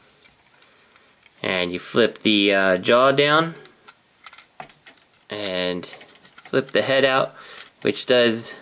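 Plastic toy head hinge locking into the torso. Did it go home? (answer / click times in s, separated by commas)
no / none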